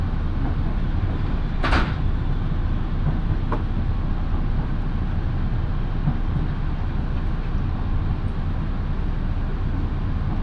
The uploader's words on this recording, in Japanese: 身延線 富士→芝川。身延線を各駅停車で乗り通します。